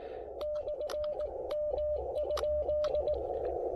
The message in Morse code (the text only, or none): /M?